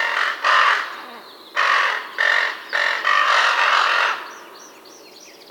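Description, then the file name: Raven calls, harsh nasal squawks in a run of about six bursts, then a quieter stretch with faint high twitters near the end. Raven adults feeding their young. "Digiffects Sound Effects Library - Raven Feeding Young Ones"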